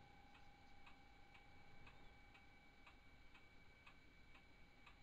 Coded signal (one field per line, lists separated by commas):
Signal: PSK31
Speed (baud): 31.25 baud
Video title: Sample PSK-31 QSO